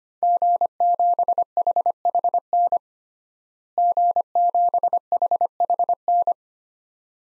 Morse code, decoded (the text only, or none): G7HHN G7HHN